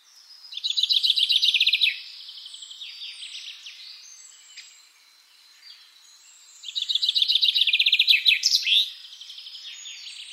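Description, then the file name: Common chaffinch song: two loud rattling strophes of rapid repeated notes, descending in phrases and ending with a flourish, about six seconds apart, with quieter bird chatter between. "Fringilla coelebs"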